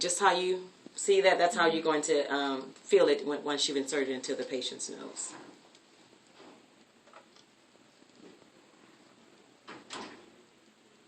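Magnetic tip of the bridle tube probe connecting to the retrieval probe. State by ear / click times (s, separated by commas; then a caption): not seated / none. Someone talks over the first five seconds while handling the two probes of a nasal bridle system, the magnetic tip of the bridle tube probe and the retrieval probe. Faint handling ticks follow near 5.8 s and 7.2 s, with a brief rustle around 10 s. The magnetic tips have not yet connected and nothing has clicked.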